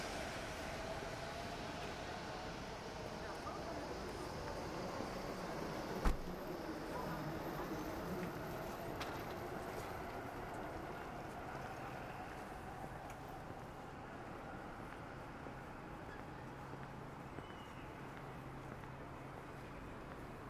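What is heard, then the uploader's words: Daytime street sound in Akihabara: a steady, dense wash of traffic and murmuring voices, with one sharp click around six seconds and a faint low hum later. Akihabara,daytime.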